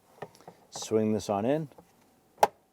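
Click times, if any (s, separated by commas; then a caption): 2.4 s. A plastic glovebox-area cover panel on a 2012-2017 Toyota Camry, refitted after a cabin air filter replacement, has the tabs at one end hooked inside and is swung into position on the dashboard while someone talks. After a few faint taps, one sharp click at 2.4 s marks the panel snapping in and seating.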